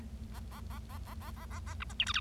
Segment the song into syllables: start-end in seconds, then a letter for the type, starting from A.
0.34-0.39 A, 0.51-0.60 A, 0.70-0.79 A, 0.89-0.98 A, 1.05-1.14 A, 1.21-1.31 A, 1.36-1.45 A, 1.50-1.59 A, 1.66-1.74 A, 1.80-1.84 B, 1.90-1.93 C, 1.99-2.05 D, 2.06-2.12 E, 2.14-2.20 F